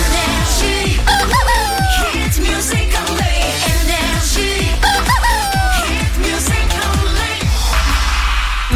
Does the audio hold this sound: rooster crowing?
yes